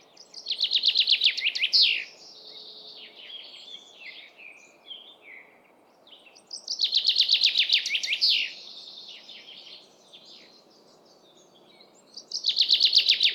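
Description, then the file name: Common chaffinch song repeated three times, each a fast run of descending chips ending in a flourish, the last cut off, with softer twittering between phrases. "Fringilla coelebs"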